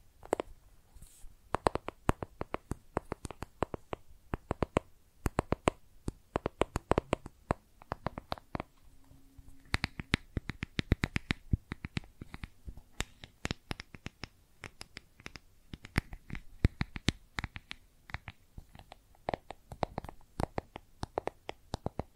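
Makeup containers are tapped and scratched in quick, irregular bursts of sharp clicks that run almost nonstop for the whole stretch. The taps are bright and crisp, some louder than others, with soft scraping and rustling filling the gaps between them.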